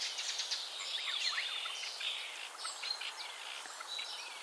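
Common starling chatter: dense overlapping squeaks, clicks and short whistles running continuously, with a steady hiss of background noise.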